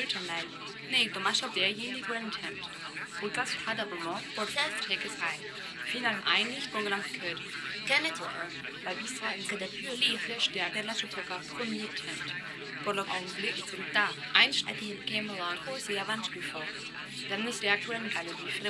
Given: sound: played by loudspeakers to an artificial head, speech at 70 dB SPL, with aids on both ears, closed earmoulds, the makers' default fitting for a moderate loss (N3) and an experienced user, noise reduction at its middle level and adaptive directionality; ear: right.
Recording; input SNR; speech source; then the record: speech test signal (ISTS) in cocktail-party noise; 0 dB; in front (0 degrees)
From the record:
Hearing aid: class 1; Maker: E